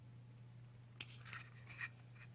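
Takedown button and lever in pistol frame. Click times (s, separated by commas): 1.0 s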